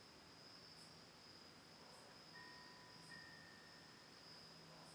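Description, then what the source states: A high cricket trill runs continuously, with regular faint upper chirps and a soft ringing bell tone midway. Autumn night, recorded October 10, 2020 from a lakeside home on Cayuga Lake, Ithaca, New York; a single tolling Cosanti windbell also heard.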